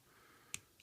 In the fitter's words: kind of clicks in place and